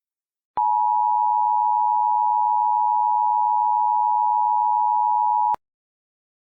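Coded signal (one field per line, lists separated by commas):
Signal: Emergency Alert System (SAME) tones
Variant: 853 and 960 Hz attention tone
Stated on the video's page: Fictional EAS scenario, third part of a series.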